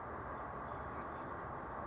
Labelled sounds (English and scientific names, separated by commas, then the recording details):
California Towhee (Melozone crissalis)
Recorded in Sonoma County, California